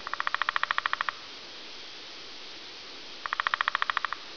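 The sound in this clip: Woodpecker making two rapid, even bursts of about a dozen pulses each, roughly two seconds apart, over a steady hiss.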